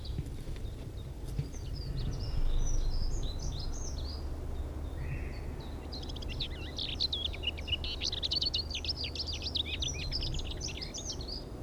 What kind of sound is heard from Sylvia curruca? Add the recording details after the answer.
song. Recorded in the wild. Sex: male. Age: adult. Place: Summt, am Buchenberg, Brandenburg, DE. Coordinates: 52.695, 13.3594. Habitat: spruce thicket. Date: 1975-05-04 15:23. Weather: 13°C. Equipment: Uher CR 210, Sennheiser MD 421, Verstärker, Kopie Uher 4200. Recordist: Tembrock, Günter